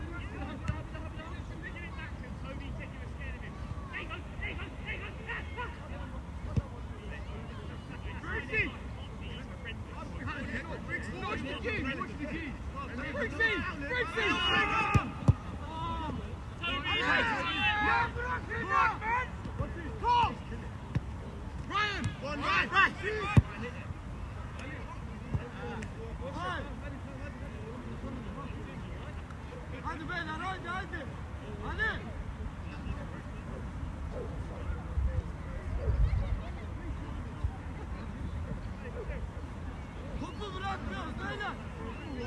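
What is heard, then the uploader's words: Sunday morning footballers in a park: shouts and calls over a steady low outdoor rumble, with louder bursts around fifteen and twenty-three seconds. Sunday morning footballers, Oak Hill Park, Barnet, UK on 14th January 2024.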